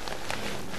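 The folding, umbrella-style rod frame of an Octabox Pro Studio EZ-Pro 60-inch octagonal softbox is opened so it locks onto its speed ring hub. Two faint ticks come at about 0.1 s, then a sharper snap at 0.3 s over steady background hiss. The frame snaps open, but a few rods have come out of their sockets, so it is not fully seated.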